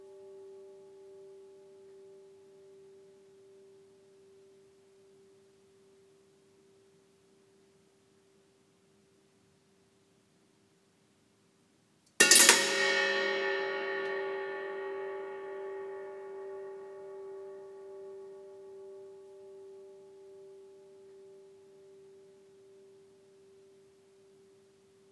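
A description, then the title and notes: A faint sustained ring hums steadily until a sharp metallic strike near twelve seconds, clanging brightly then slowly decaying with long reverb. Tokyo Bell. It's amazing what you you can do with a disposable razor, an empty waste bin and some reverb... Recorded in Tokyo.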